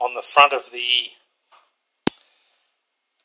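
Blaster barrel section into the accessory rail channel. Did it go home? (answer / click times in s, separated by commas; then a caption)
yes / 2.1 s. A rough-cut barrel section on a modified foam-dart blaster is slid along a channel cut into the PVC barrel until it bottoms out on the front of the accessory rail. Someone talks for about the first second, then at 2.1 s a small tooth drops in with a single sharp, loud snap. The barrel attachment is seated and locked onto the rail.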